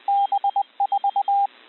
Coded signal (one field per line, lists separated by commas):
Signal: Morse code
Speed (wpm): 20 wpm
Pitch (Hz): 800 Hz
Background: radio noise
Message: B4